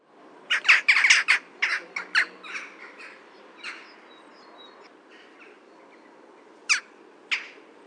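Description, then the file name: Jackdaw calls: a quick cluster of sharp, harsh squawks in the first few seconds, then a lull with faint notes and two last isolated clipped calls. "KAWKA"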